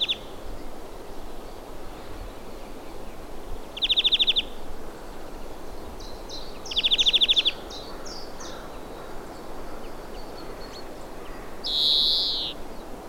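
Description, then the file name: European greenfinch giving two quick rattling trills, then a long nasal wheeze near the end, with scattered high chips between them. "Chloris chloris"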